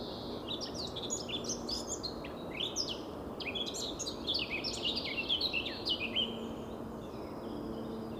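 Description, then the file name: Eurasian blackcap song: a rapid, varied warble of high chirps and short slurred notes running almost continuously, over a steady broad hiss of background noise. "Sylvia atricapilla"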